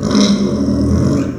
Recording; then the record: squeal of a Yucatan mini pig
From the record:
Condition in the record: after surgery on the right vocal fold (resection and tissue-engineered implant); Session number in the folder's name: 9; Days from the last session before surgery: 65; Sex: female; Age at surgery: 19 weeks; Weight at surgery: 25 kg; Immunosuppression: prednisolone